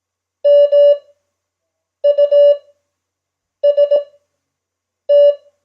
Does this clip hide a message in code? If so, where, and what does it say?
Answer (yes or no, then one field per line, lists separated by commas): yes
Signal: Morse code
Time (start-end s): 0.5-5.3 s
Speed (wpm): 18 wpm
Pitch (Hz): 580 Hz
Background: none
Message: MUST